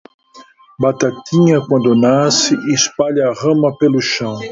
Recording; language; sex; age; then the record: short text; Brazilian Portuguese; male; 60 to 69 years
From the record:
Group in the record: control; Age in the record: 60 years